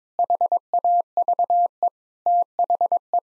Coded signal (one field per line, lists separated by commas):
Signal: Morse code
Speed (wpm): 21 wpm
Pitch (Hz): 700 Hz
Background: none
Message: HAVE THE